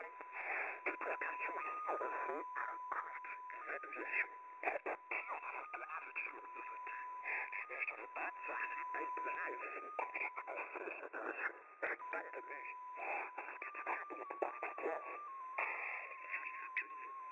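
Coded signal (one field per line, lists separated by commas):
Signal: multi-tone FSK (Olivia or MFSK type)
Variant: XPA2, 14-tone MFSK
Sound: a steady whistle-like tone hopping slowly between nearby pitches, buried under hissy garble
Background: radio static, voice interference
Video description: XPA2 is a digital mode of the Russian 7 operator. It utilizes a custom 14-tone MFSK system.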